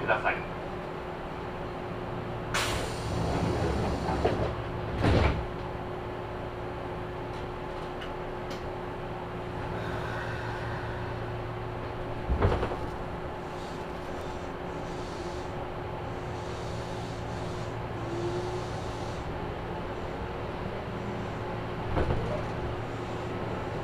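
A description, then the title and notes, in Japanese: Inside a Kintetsu express train as it pulls away from Ise-Wakamatsu after letting a limited express pass, a steady low rumble and hum run throughout. Sharp clunks and knocks break in around 3, 5, 12 and 22 seconds, with a brief higher tone near 10 seconds. 伊勢若松駅で特急をやりすごし、急行は再び走り出します。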